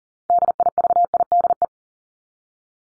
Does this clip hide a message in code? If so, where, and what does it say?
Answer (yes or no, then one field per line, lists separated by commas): yes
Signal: Morse code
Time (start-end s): 0.3-1.6 s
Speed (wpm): 40 wpm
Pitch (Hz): 700 Hz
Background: none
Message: DIVIDE